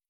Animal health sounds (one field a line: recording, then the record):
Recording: hydrophone in a shrimp aquaculture tank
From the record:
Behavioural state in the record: feeding